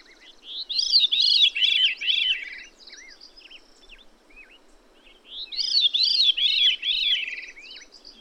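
Bird song: two repeated phrases of four or five clear, looping, high notes. Brief thin chirps and upslurred whistles sound in the gap between them.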